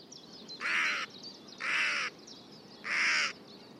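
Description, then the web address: Bird giving three loud, harsh, rasping caws roughly a second apart, with faint high chirping from other birds underneath. "Deverinetal 2025 File origin Bird Only"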